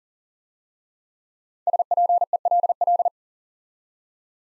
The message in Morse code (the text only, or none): SPELL